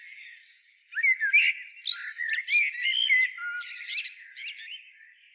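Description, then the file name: Eurasian blackbird giving a burst of sharp, high chirps and short whistled notes after a quiet start, growing quieter at the end. "Turdus merula"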